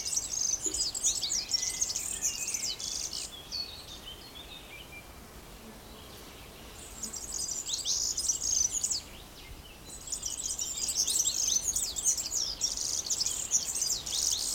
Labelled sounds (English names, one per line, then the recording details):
European Serin
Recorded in the wild
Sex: male
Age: adult
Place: Summt, Brandenburg, DE
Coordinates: 52.69, 13.374
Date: 1992-06-14 14:22
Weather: sonnig (heiter), 19-22°C
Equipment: Nagra SN, Mikrofon AKG CK 8, Kopie Tesla B 116
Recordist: Tembrock, Günter